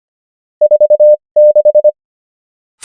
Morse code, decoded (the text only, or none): 46